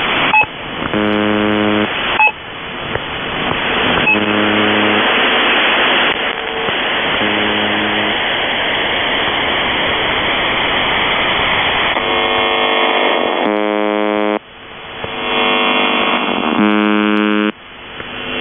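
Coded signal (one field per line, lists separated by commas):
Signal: channel marker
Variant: UVB-76, The Buzzer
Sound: repeated low harsh buzzes, each about one to two seconds, between stretches of radio hiss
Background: radio static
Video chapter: 00:00 - Kerro Marker, Kerro on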